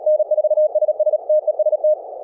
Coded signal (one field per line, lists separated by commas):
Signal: Morse code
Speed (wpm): 37 wpm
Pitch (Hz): 620 Hz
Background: none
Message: N4SS TEST